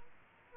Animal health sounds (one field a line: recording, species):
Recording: mosquito wingbeat signal from an infrared sensor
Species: Aedes aegypti